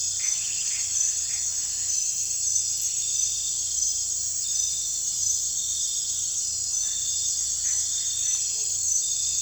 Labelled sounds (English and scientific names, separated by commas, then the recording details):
none
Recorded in pastures near Puerto Asís, Putumayo, Colombia, on 16 December 2024 at 23:30
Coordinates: 0.466, -76.322
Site G040